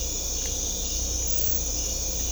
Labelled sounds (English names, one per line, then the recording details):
none
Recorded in secondary vegetation near Puerto Asís, Putumayo, Colombia, on 16 December 2024 at 23:30
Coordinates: 0.500, -76.326
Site G065